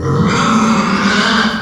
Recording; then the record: squeal of a Yucatan mini pig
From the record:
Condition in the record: after surgery on the right vocal fold (resection and tissue-engineered implant); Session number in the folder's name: 16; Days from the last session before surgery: 183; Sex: female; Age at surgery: 19 weeks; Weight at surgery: 25 kg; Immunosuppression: prednisolone